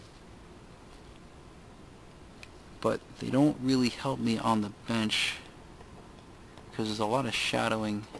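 A salvaged replacement component that looks slightly different from the original is handled while rebuilding a Schumacher CAT 3000 battery charger. Someone talks over quiet background noise, with faint brief ticks around 2.4 and 6.6 seconds. Nothing has seated or clicked yet.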